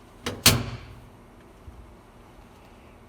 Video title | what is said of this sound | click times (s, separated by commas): How to Use Handle-Tech Handles | now push the handle onto the hose until you hear the latch click | 0.5 s